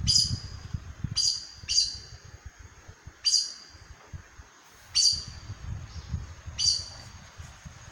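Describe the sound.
Aracari calls: sharp high squeaky notes, some paired, repeated at irregular intervals over a low rumbling background noise.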